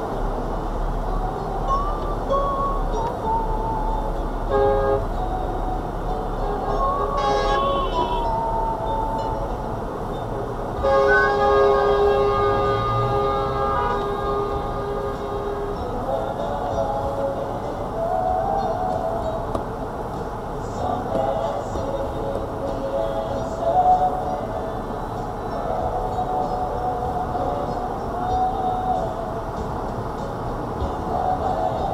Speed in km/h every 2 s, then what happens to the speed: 0, 0, 0, 2, 2, 2, 2, 0, 0, 0, 0, 0, 0, 0, 0, 0.
0-32 standing.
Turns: none.